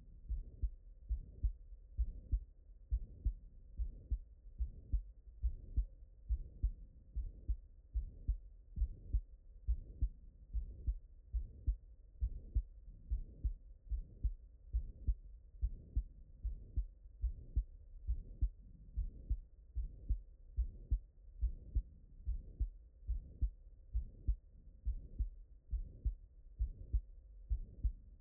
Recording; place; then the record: heart sounds by stethoscope; mitral valve (MV)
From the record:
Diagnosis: non-HFrEF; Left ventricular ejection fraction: 60%